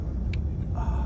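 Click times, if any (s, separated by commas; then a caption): 0.3 s. Two halves of a crimped solar panel wire connector are pushed together by hand into each other. A short, sharp click at 0.3 s marks the connector locking in place over a steady low rumble, followed by a faint tonal sound near 0.8 s. The connector is seated and locked.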